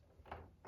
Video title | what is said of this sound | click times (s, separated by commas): Bosch Glide 10" Dual-Bevel Mitre Saw (CM10GD) - Overview & Thoughts | And again, just very, very, very smooth and easily locks in place | 0.3 s